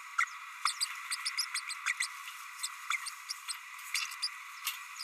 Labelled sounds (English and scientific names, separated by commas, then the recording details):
Green-rumped Parrotlet (Forpus passerinus) babbling
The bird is a male
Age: 30 days
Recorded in a nest box in Venezuela
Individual 17B32A6